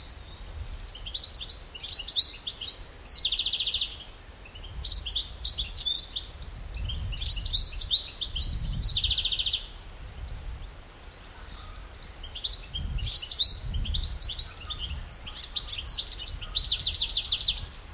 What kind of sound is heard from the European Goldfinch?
song